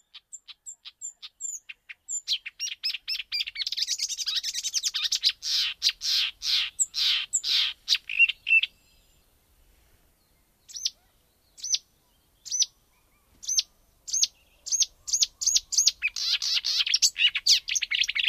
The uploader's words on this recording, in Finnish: Viikon luontoääni: Luhtakerttunen.